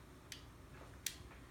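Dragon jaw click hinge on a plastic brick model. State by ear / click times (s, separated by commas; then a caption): seated / 0.3 s, 1.1 s. Opening the dragon's jaw on a plastic brick model through its click-hinge positions gives two short, bright clicks at 0.3 s and 1.1 s, the second one sharper and louder. The hinge snaps into position at each stop.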